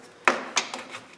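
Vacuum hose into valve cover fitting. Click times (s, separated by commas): 0.3 s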